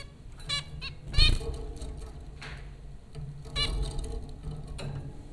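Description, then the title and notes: Zebra finch calls, a few brief nasal beeps scattered between quiet gaps, with a thump and a steady low background hum. Recorded by Dan Bodah at Popcorn School, Flatbush, Brooklyn, New York, USA, April 15, 2009. "Dronecast No. 030: The Popcorn Finches Four from Apr 15, 2009. Zebra finches recorded by Dan Bodah at Popcorn School, Flatbush, Brooklyn NY in April 2009"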